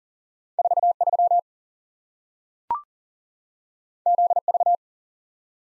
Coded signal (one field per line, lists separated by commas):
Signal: Morse code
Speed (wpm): 40 wpm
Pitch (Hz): 700 Hz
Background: none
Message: 43 ZV